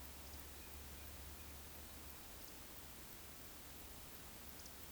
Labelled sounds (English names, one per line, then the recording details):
Eurasian Woodcock whistle
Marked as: whistle, whistle, whistle
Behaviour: display flight
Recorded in Baden-Württemberg, Germany, on 9 May 2021 at 19:23 UTC
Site 23718, 552 m above sea level